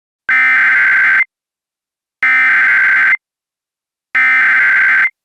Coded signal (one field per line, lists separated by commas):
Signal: Emergency Alert System (SAME) tones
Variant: header bursts